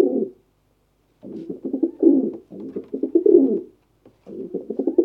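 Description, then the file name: Pigeons cooing: low, throaty rolling coos in bursts, with short silent gaps between phrases. Pigeons cooing in a bird cage. "Digiffects Sound Effects Library - Pigeons Coo in Bird Cage"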